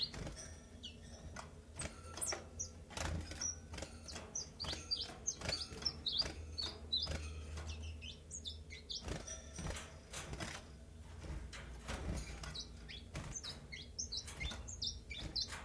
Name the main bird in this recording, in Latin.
Phylloscopus collybita